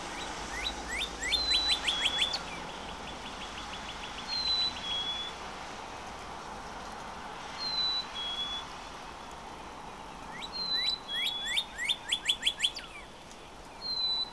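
Northern Cardinal song: two bursts of rapid downslurred whistled notes, one early and one late, separated by a pause with thin high whistles.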